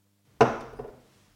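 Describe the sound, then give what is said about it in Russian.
A wine glass with untouched wine is set down on a table with one sharp, solid knock that fades quickly, followed by a faint second tap. No voices. “не притронувшись к вину, ставит свой бокал на стол.”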